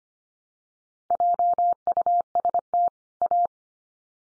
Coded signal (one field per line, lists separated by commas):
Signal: Morse code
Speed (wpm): 25 wpm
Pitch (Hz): 700 Hz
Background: none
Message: JUST A